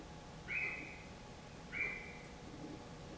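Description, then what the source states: Deer calls: two short, high whistled notes about a second apart, over steady background noise. Recorded on 22 November 2023 at 19:39.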